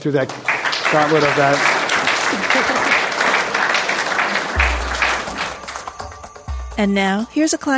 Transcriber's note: applause